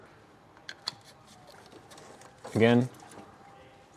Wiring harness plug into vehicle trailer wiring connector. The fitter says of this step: you're going to push on it until you hear a positive click